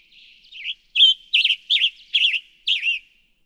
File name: Western Tanager